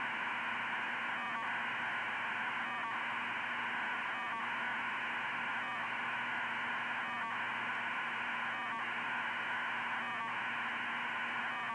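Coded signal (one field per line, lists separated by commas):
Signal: radiosonde or satellite telemetry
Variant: 2400 baud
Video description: A test to see if 2400 baud can be used with my HAB flight computer. Received with a Funcube Dongle and Spectravue, demodulated in a modified fldigi.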